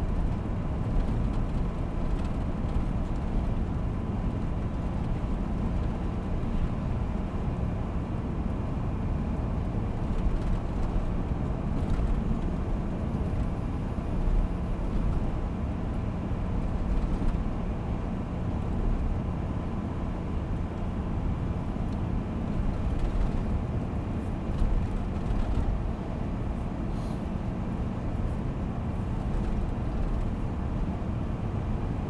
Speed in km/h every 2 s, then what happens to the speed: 87, 86, 88, 88, 88, 88, 86, 87, 87, 87, 87, 88, 88, 88, 88, 89.
0-32 steady at about 88.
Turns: none.